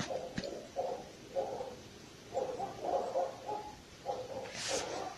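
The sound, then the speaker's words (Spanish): Dogs bark faintly in a steady series of short, repeated yelps, a dozen or so bursts over several seconds, with no one talking and a soft hiss underneath. “¿Oyen los perros?”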